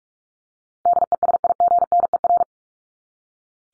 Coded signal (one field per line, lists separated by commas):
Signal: Morse code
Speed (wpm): 44 wpm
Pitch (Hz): 700 Hz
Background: none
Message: DESIGNER